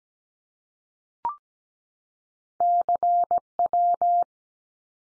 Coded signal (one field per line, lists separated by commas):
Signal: Morse code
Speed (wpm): 17 wpm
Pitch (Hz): 700 Hz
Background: none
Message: CW